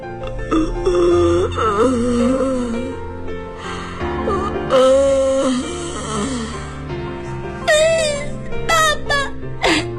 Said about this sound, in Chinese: 爬着爬着，他们听到从悬崖底的石头下面发出了霸王龙低沉的声音。